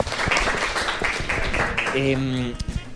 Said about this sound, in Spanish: Así que ese aplauso, bienvenido.